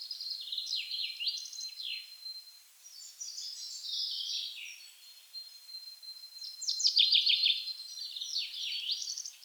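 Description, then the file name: Common chaffinch song, overlapping bright descending trilled phrases high in pitch with a thin steady whistle beneath, several phrases running together with few pauses. "Fringilla coelebs"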